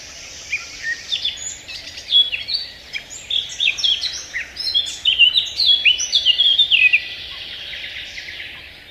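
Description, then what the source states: Eurasian blackcap song: a brisk, varied warble of chattering and whistled notes, swelling to louder clear phrases near the end, then stopping. A listener's requested favourite, played on the radio; fluty notes near the end are a good field mark; compared with the garden warbler, also a skilled singer.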